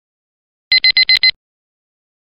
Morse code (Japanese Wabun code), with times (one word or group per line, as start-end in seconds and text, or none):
none